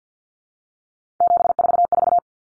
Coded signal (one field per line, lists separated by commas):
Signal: Morse code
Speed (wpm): 50 wpm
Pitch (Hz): 700 Hz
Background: none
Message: 744